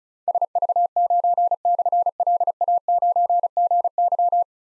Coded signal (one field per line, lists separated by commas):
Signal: Morse code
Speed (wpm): 36 wpm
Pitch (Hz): 700 Hz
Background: none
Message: SV9/LA9GY